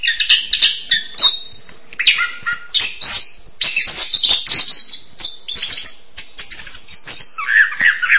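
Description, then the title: Bird song, a dense, rapid stream of high chirps, trills and squeaky notes running almost without pause, with brief bursts of louder chatter throughout. "kikicau"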